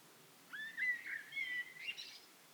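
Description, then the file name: Eurasian blackbird song, rather faint over a steady background hiss: a soft warbled fluting phrase with a thin high ending. "Turdus merula"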